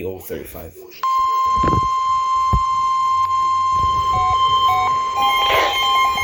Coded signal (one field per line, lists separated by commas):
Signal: Emergency Alert System (SAME) tones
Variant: 1050 Hz attention tone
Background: speech